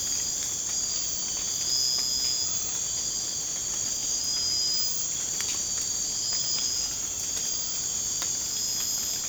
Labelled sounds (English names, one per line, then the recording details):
none
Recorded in secondary vegetation near Puerto Asís, Putumayo, Colombia, on 19 March 2025 at 01:30
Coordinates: 0.485, -76.322
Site G040